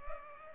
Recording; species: mosquito wingbeat signal from an infrared sensor; Culex pipiens